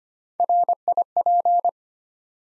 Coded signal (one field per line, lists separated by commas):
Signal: Morse code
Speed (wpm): 25 wpm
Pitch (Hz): 700 Hz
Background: none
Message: RIP